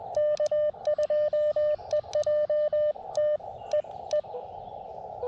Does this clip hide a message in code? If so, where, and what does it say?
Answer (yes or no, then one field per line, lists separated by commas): yes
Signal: Morse code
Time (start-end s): 0.2-4.2 s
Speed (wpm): 20 wpm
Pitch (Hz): 600 Hz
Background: radio noise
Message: K2EJT E E